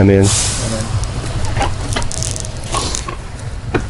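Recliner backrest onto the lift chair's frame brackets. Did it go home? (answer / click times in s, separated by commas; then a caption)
no / none. Someone handles the backrest of a Pride Mobility Infinity LC-525i lift chair (recliner), sliding it toward the metal brackets on the chair frame, and a few short knocks and rustles are heard while someone talks. Nothing has seated or snapped into place yet.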